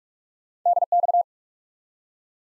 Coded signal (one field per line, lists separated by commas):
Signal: Morse code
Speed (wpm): 44 wpm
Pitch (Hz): 700 Hz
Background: none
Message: DX